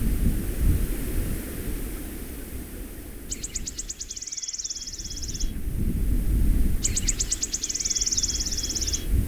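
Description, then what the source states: Birdsong in two high, rapid trilled phrases of quick repeated notes, each lasting about two seconds, over a steady low rush of wind. Birds heard in wind and breeze ambience.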